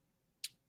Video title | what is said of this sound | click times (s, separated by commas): QUIVR Q&A w/ Josh V & T.H.O.R. | plop it down, push it in, you hear it click, and you're good to go. | 0.4 s